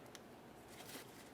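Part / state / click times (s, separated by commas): wiring harness connector into neutral safety switch / not seated / none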